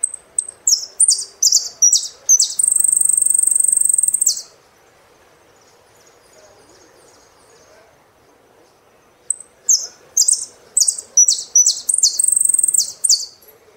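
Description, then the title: Saffron finch song: two phrases of sharp, very high chips building into long buzzy trills, with several seconds of quiet between them. "Jilguero Argentino"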